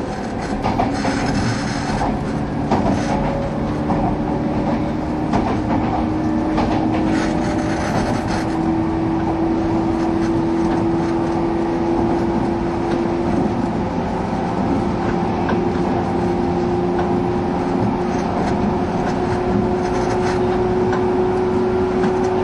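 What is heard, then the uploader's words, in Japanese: A train runs along the Bantan Line with a steady, dense rumble throughout. A motor whine holds a tone that slowly rises in pitch from about eight seconds on, over a low rolling roar with faint rattling and clicks early on. 103系 播但線普通 01/01:姫路～寺前。播但線＂の列車走行音。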